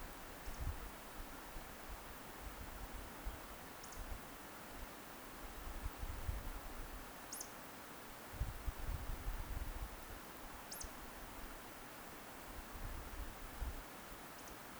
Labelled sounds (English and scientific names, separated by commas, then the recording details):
Eurasian Woodcock (Scolopax rusticola) whistle
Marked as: whistle, whistle, whistle, whistle, whistle
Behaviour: display flight
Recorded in Baden-Württemberg, Germany, on 30 May 2021 at 20:02 UTC
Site 43323, 910 m above sea level